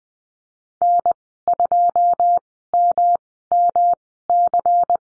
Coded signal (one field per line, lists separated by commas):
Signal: Morse code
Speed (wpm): 20 wpm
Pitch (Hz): 700 Hz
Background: none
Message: N2MMC